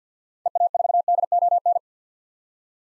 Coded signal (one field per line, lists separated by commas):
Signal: Morse code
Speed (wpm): 50 wpm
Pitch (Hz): 700 Hz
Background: none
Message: EA4DON